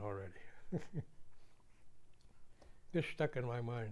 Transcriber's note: chuckles